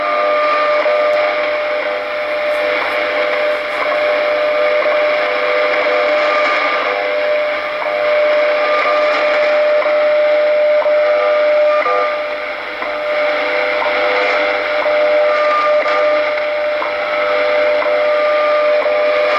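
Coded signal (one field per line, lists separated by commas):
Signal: radio time signal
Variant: WWV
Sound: steady 600 Hz tone with brief tick gaps, heavy shortwave hiss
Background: radio static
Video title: WWV 5 Mhz with slight WWVH underneath July 3rd 2016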